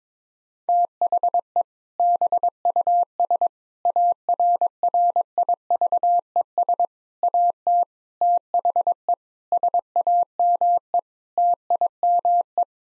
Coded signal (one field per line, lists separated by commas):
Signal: Morse code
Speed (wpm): 22 wpm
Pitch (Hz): 700 Hz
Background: none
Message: THE BUS ARRIVES AT THE SAME TIME